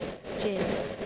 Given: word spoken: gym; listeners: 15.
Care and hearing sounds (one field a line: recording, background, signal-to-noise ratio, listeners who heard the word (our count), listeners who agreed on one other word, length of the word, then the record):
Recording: one English word in noise, from a listening test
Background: noise modulated by three-talker babble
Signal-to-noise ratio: -3.7 dB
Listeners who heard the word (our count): 1 of 15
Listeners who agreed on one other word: 10 of 15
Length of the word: 0.66 s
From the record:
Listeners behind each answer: 10, 1, 1, 1, 1, 1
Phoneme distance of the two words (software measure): 10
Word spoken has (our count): 1 syllable, 3 phonemes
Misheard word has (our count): 1 syllable, 3 phonemes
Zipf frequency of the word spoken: 4.19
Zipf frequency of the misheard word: 3.89